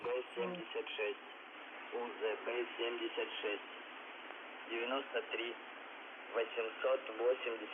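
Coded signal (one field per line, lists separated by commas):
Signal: numbers station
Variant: UVB-76, Russian voice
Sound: a male voice reads short words through hissy, narrow-band shortwave radio audio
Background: radio static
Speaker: what is he reciting a bunch of numbers and letters in Russian or what yeah this transmission is from this specific one is from December 24th 1997 it was the first recorded vocal transmission of the stop of the buzzer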